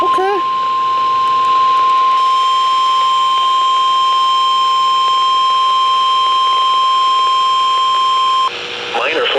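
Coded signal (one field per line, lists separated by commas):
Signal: Emergency Alert System (SAME) tones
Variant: 1050 Hz attention tone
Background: speech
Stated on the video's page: River Flood Warning received from NOAA Weather Radio transmitter.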